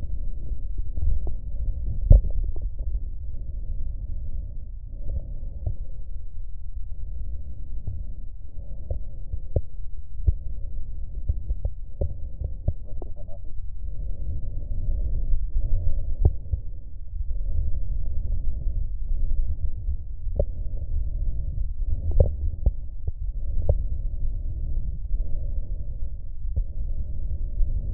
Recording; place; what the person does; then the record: lung sounds by stethoscope; right posterior apical chest; quiet breathing, then deep breathing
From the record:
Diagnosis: none (healthy); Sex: male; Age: 60 years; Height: 190 cm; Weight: 150 kg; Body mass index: 41.6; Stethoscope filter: extended mode